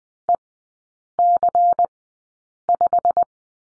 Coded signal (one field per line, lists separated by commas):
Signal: Morse code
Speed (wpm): 20 wpm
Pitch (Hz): 700 Hz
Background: none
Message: EC5